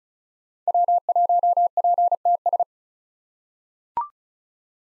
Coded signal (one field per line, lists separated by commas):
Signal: Morse code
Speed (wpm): 36 wpm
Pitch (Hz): 700 Hz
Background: none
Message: W1PTS